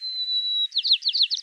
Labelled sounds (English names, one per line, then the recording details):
White-crowned Sparrow song
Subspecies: nuttalli
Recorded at Abbotts Lagoon, California, in 2014
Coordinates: 38.123, -122.939
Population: north
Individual alKYOS_14